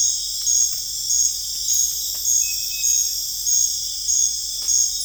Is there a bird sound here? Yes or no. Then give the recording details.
no. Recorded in dense forest near Puerto Asís, Putumayo, Colombia, on 20 December 2024 at 21:30. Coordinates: 0.484, -76.325. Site G056